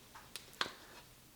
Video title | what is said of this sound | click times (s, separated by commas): POC Elicit Toric Frameless Cycling Sunglasses Review - feat. Featherweight 23 Grams + Clear Lens | You should see hear it pop. | 0.4 s, 0.6 s